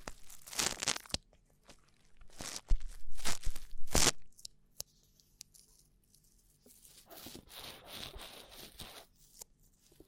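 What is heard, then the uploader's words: Rough ear cleaning: scratchy, crackling rubs and scrapes come in bursts, heaviest in the first four seconds with a sharp, bright scrape near four seconds. A quieter stretch follows, broken by faint clicks, then softer rustling rubs return from about seven seconds on. ASMR Rough Ear Cleaning (No Talking).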